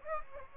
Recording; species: mosquito wingbeat signal from an infrared sensor; Aedes aegypti